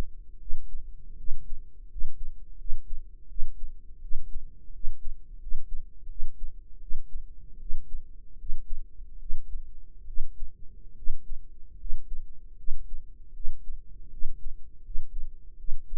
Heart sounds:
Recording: heart sounds by microphone in the right ear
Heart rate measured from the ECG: 79 bpm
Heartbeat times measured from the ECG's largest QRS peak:
0.37 s: heartbeat
1.15 s: heartbeat
1.87 s: heartbeat
2.56 s: heartbeat
3.26 s: heartbeat
3.99 s: heartbeat
4.70 s: heartbeat
5.37 s: heartbeat
6.06 s: heartbeat
6.78 s: heartbeat
7.57 s: heartbeat
8.35 s: heartbeat
9.17 s: heartbeat
10.04 s: heartbeat
10.93 s: heartbeat
11.76 s: heartbeat
12.55 s: heartbeat
13.31 s: heartbeat
14.08 s: heartbeat
14.81 s: heartbeat
15.55 s: heartbeat
From the record:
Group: healthy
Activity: cold pressor test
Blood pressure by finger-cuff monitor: 123/70 mmHg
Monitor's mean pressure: 89 mmHg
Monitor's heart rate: 80 bpm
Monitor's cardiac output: 7.1 L/min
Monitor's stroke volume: 89 mL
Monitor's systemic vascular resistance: 900 dyn s/cm5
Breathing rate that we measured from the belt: 19 breaths a minute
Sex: female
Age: 23 years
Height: 160 cm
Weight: 50.4 kg

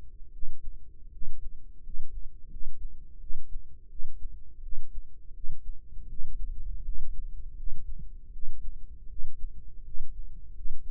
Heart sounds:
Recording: heart sounds by microphone in the right ear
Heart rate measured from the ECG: 82 bpm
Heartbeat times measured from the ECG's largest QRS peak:
0.31 s: heartbeat
1.10 s: heartbeat
1.81 s: heartbeat
2.48 s: heartbeat
3.18 s: heartbeat
3.88 s: heartbeat
4.61 s: heartbeat
5.32 s: heartbeat
6.07 s: heartbeat
6.82 s: heartbeat
7.55 s: heartbeat
8.31 s: heartbeat
9.07 s: heartbeat
9.82 s: heartbeat
10.53 s: heartbeat
From the record:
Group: healthy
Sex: female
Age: 19 years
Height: 163 cm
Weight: 51 kg

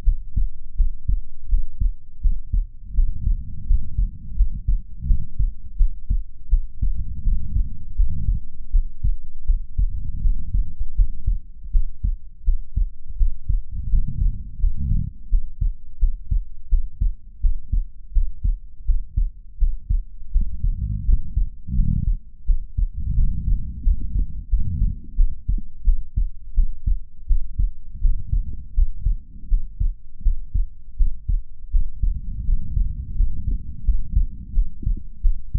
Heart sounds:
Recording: heart sounds by stethoscope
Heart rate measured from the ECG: 84 bpm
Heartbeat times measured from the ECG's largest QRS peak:
0.02 s: heartbeat
0.75 s: heartbeat
1.47 s: heartbeat
2.20 s: heartbeat
2.93 s: heartbeat
3.65 s: heartbeat
4.34 s: heartbeat
5.05 s: heartbeat
5.75 s: heartbeat
6.48 s: heartbeat
7.21 s: heartbeat
7.94 s: heartbeat
8.69 s: heartbeat
9.44 s: heartbeat
10.20 s: heartbeat
10.93 s: heartbeat
11.70 s: heartbeat
12.43 s: heartbeat
13.16 s: heartbeat
13.88 s: heartbeat
14.57 s: heartbeat
15.28 s: heartbeat
15.97 s: heartbeat
16.67 s: heartbeat
17.39 s: heartbeat
18.11 s: heartbeat
18.84 s: heartbeat
19.57 s: heartbeat
20.30 s: heartbeat
21.03 s: heartbeat
21.73 s: heartbeat
22.44 s: heartbeat
23.13 s: heartbeat
23.81 s: heartbeat
24.47 s: heartbeat
25.14 s: heartbeat
25.83 s: heartbeat
26.53 s: heartbeat
27.25 s: heartbeat
27.99 s: heartbeat
28.72 s: heartbeat
29.47 s: heartbeat
30.21 s: heartbeat
30.95 s: heartbeat
31.69 s: heartbeat
32.43 s: heartbeat
33.14 s: heartbeat
33.82 s: heartbeat
34.52 s: heartbeat
35.20 s: heartbeat
From the record:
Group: healthy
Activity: rest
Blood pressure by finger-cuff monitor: 102/65 mmHg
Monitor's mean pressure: 77 mmHg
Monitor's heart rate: 83 bpm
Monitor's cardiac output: 6.7 L/min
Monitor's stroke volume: 80 mL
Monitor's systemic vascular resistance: 840 dyn s/cm5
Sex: female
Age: 26 years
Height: 165 cm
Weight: 55 kg

